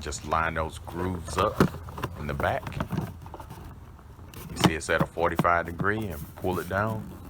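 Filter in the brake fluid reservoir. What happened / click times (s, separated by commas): The plastic filter is being positioned but has not clicked home / none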